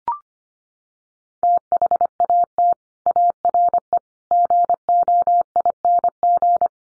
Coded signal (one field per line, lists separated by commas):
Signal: Morse code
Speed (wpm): 25 wpm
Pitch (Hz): 700 Hz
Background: none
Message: THAT ARE GOING